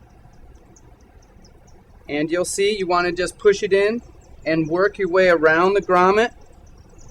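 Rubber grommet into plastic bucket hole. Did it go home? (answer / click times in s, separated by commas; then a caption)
no / none. Someone talks from about 2.1 to 6.3 seconds while a 1/2-inch rubber grommet is pushed into a pre-drilled hole in a plastic 5-gallon bucket, working around its edge. Under the voice there is a low steady background hiss, with faint brief ticks near 0.8, 1.5 and 7.0 seconds. The grommet has not seated or clicked in yet.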